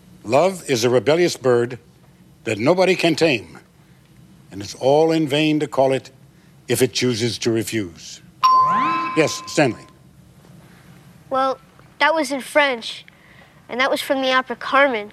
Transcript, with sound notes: `Love is a rebellious bird that nobody can tame, and it's all in vain to call it if it chooses to refuse.' (Soundbite of bell) Yes, Stanley.
Well, that was in French, and that was from the opera "Carmen."